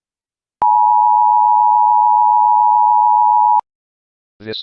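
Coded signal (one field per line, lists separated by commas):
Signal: Emergency Alert System (SAME) tones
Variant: 853 and 960 Hz attention tone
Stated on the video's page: Fictional EAS scenario, not a real alert.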